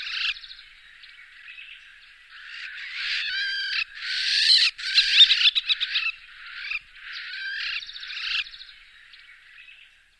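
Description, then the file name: Levant sparrowhawk calls, harsh ringing notes with stacked overtones in bursts that build to a louder rapid chatter midway, then fade in broken phrases. "accipiter brevipes"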